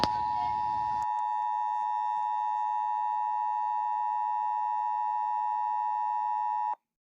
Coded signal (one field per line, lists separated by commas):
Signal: Emergency Alert System (SAME) tones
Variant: 853 and 960 Hz attention tone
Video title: EAS Scenario: DO NOT STEP ON THE FLOOR: An Realistic Horror Film